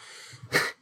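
A single sneeze from an adult, a sharp burst of noise after a brief inhalation.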